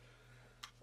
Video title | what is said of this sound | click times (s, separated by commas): DJI Mavic air drone. quadcopter | clicks into place always | 0.6 s